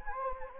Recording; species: mosquito wingbeat signal from an infrared sensor; Anopheles gambiae